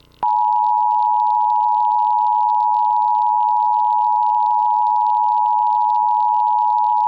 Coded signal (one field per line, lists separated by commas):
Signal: Emergency Alert System (SAME) tones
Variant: 853 and 960 Hz attention tone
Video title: Required Monthly Test (EAS #509-510)